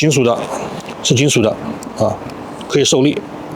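Someone talks while handling a metal right-side under-wing pylon that is being mounted onto the wing of an HM 1/72 die-cast RAF Tornado GR1A model aircraft. Only speech and faint background hiss are heard, with no distinct click. Nothing has seated or clicked into place yet.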